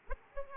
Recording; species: mosquito wingbeat signal from an infrared sensor; Aedes aegypti